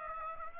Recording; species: mosquito wingbeat signal from an infrared sensor; Aedes aegypti